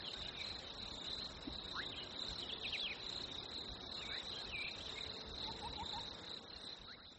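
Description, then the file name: Crickets trill steadily at high pitch while birds add short chirps and a quick run of soft repeated notes. Nature ambience of crickets with birds, labelled fresh winter. "ATMO NATURE Fresh Winter Crickets Birds"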